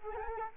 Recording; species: mosquito wingbeat signal from an infrared sensor; Anopheles arabiensis